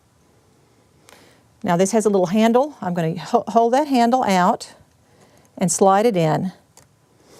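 Thread coming off the bobbin is slid through the slot under the small tension plate of a sewing machine's metal bobbin case, and it seats into the tension spring with a single sharp click at 1.1 seconds. Someone then talks.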